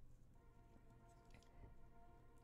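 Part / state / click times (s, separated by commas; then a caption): wooden model piece into book nook frame slot / not seated / none. A wooden book nook model piece is pressed into its slot in the book nook frame, giving only a faint hit around 1.4 s over a steady tonal background hum. The piece fails to lock into place, and nothing has seated or clicked yet.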